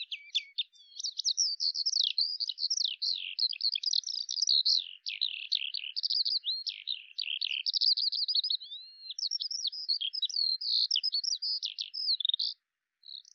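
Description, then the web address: Bird song, a continuous high twittering warble of mixed chirps and slurs, ending in a brief pause and one last note. "Deverinetal 2025 File cleaned normalized Bird Al Ar"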